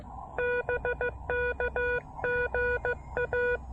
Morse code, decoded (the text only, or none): BK GA